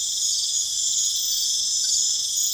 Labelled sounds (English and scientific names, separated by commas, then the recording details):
none
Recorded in pastures near Puerto Asís, Putumayo, Colombia, on 25 June 2025 at 22:00
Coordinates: 0.502, -76.324
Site G010